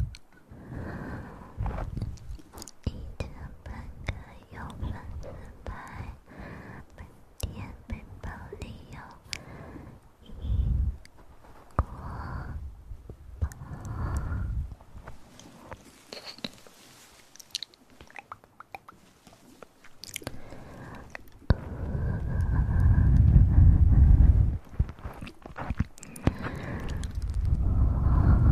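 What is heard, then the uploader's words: Mouth sounds and ear massage: rapid wet clicks, crunchy bites and chewing-like smacks fall densely across the whole stretch. Heavy low rubbing and muffled thuds swell near the ear around 10 seconds and again from about 22 seconds to the end. Ear Massage & Mouth Sounds.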